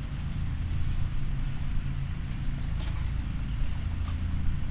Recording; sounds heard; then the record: poultry house recording; no chicken sound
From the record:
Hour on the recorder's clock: 20